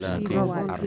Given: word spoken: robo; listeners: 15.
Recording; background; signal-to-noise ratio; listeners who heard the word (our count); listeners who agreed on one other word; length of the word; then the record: one Spanish word in noise, from a listening test; four-talker babble; -1.0 dB; 0 of 15; 6 of 15; 0.46 s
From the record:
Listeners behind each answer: 6, 2, 2, 1, 1, 1, 1, 1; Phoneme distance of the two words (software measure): 17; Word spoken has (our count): 2 syllables, 4 phonemes, stress on syllable 1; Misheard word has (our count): 2 syllables, 5 phonemes, stress on syllable 2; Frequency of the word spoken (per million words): 18.79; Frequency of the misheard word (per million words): 8.13